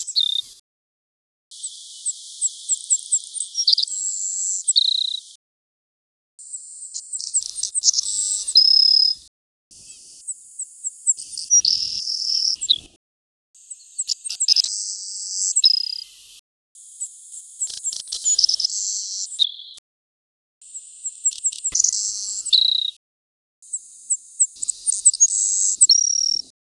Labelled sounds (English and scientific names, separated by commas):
Savannah Sparrow (Passerculus sandwichensis) song